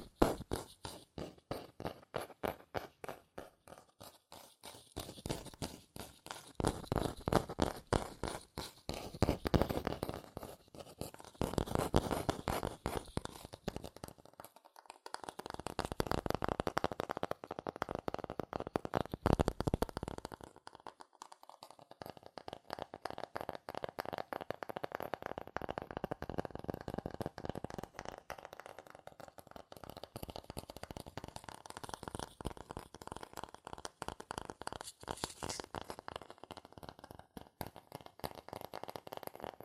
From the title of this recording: Fast CardboardPaper Tapping, Scratching, Tracing Sounds